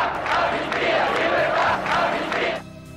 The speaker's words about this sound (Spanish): Las juventudes progresistas reclaman libertad. Los ciudadanos salen a la calle para manifestarse bajo el grito de amnistía y libertad.